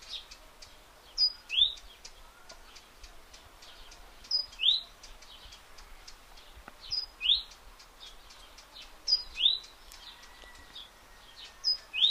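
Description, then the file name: Great tit call: high two-note phrase of a short tone and a rising slur, repeated several times, with faint chirps behind. "Parus major"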